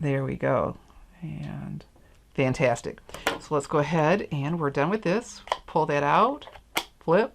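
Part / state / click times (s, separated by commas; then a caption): hinged lid on a card-stamping tool / not seated / none. Someone talks while handling a hinged plastic lid on a card-stamping tool, pulling a piece out and flipping the lid toward closed. The lid has not yet clicked shut; nothing has seated or clicked yet.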